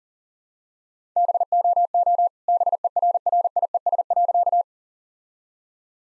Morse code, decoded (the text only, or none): BOO BERRIES.